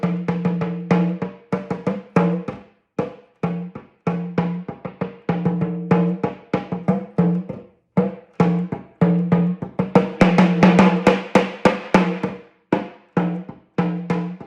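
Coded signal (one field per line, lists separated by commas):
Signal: talking drum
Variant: Yoruba sakara drum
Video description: Playing "Afomọ o le fo ibẹpẹ" with the Yoruba Orunsha Sakara talking drum by Jammal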